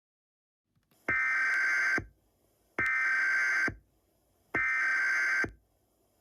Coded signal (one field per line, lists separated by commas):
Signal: Emergency Alert System (SAME) tones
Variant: header bursts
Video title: EAS Scenario: Every Day, Every Million Years